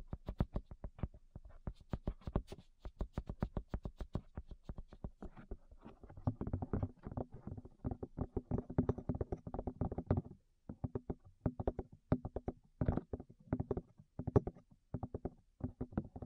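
Rapid taps on a microphone, bright and dense early, then softer thumping with a low hum from about six seconds, with brief pauses.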